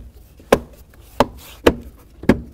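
A console trim panel on a 2013-2018 Toyota RAV4 is dropped onto its plastic push pin clips and pressed firmly down. Four sharp snaps ring out at 0.5, 1.2, 1.7 and 2.3 seconds as the pins snap home. The trim ends up seated, down and level.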